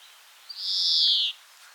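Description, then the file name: European greenfinch giving a single drawn-out buzzy wheeze, lasting almost a second against a quiet background. "Chloris chloris"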